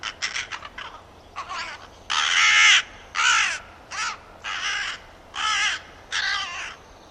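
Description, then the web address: Bird giving harsh, hoarse cawing calls: a few quick short notes, then a run of about six longer, buzzy caws spaced roughly half a second to a second apart. "Bird Only"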